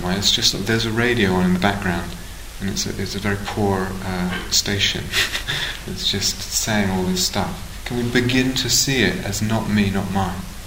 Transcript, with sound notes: It's just that there's a radio on in the background, and it's a very poor station. [laughs] It's just saying all this stuff. Can we begin to see it as 'not me, not mine'?